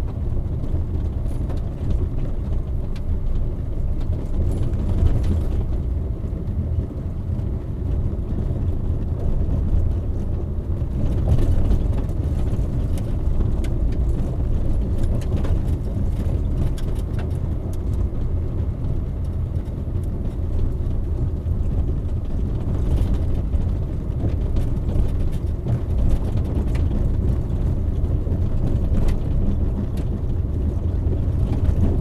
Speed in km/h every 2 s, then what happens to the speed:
24, 27, 28, 29, 29, 27, 27, 27, 27, 28, 29, 27, 29, 29, 28, 29.
0-32 steady at about 28.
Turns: none.